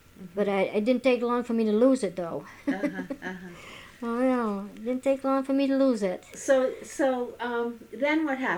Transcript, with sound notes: But it didn't take long for me to lose it, though. ( she laughs ) Oh, no. It didn't take long for me to lose it.
So then what happened?